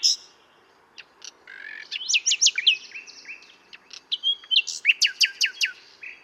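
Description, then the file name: Common nightingale delivering rich song: a few isolated clicks, then a bright whistled stretch and a rapid sequence of loud descending chirps. "Luscinia megarhynchos"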